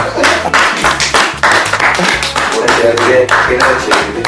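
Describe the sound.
An audience breaks into loud, sustained applause, dense overlapping claps pulsing steadily for several seconds, with low tones and murmuring voices faintly underneath.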